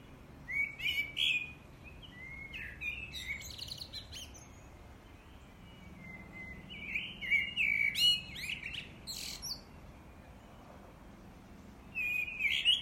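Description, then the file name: Common blackbird song: mid-pitched warbled phrases ending in high squeaky twitters, heard in several bursts over steady background hiss with sharp high ticks. "Turdus merula"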